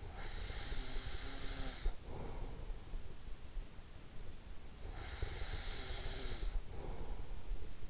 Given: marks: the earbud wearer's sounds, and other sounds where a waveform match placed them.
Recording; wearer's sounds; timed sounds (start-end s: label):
sounds in sleep by an in-ear microphone; snoring breath
0.19-3.09 s: snoring breath
4.83-7.90 s: snoring breath